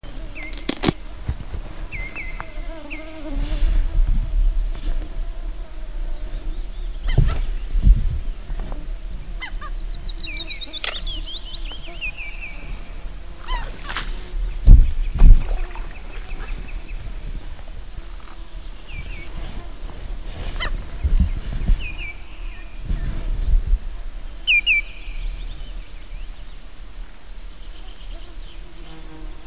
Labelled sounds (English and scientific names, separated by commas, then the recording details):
Common Greenshank (Tringa nebularia)
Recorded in the wild
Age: adult
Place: Halbinsel Kindo, Karelien, RU
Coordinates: 66.5428, 33.0481
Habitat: lake
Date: 1994-06-20 12:20
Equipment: Sony TCD-D3, Sennheiser MKH 70, Windkorb
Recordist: Frommolt, Karl-Heinz